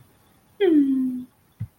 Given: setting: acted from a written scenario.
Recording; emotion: vocal sound without words; awe